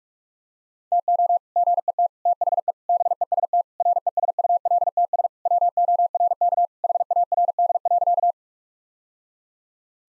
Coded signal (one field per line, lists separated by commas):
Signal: Morse code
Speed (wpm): 46 wpm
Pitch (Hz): 700 Hz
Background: none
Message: TO GET THE BEST RESULTS WORK HARD.